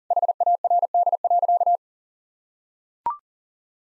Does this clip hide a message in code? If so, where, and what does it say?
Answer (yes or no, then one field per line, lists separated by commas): yes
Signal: Morse code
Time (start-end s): 0.1-1.8 s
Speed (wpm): 40 wpm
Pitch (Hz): 700 Hz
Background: none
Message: HARD.